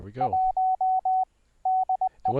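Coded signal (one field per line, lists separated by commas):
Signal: Morse code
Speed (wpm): 20 wpm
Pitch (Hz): 750 Hz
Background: speech, radio noise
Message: 1 DE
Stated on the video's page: Morse code from Windows software: paddles, bugs and keys via serial port keying a raised-cosine code practice oscillator; also FLdigi, softCW, MIDI-keyed oscillator.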